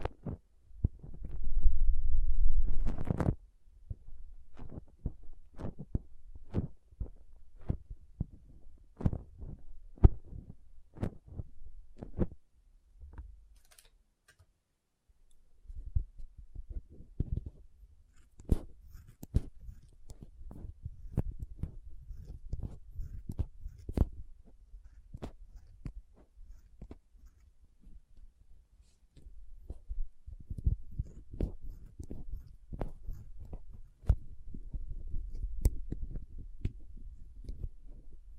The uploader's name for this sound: Soft Squishy Sticky, Crinkle, Cutting Sounds